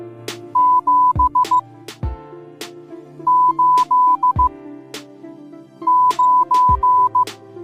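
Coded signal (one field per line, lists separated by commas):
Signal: Morse code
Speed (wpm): 15 wpm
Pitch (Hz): 1000 Hz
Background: music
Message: 7 8 9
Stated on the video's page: Morse code sound effects for numbers.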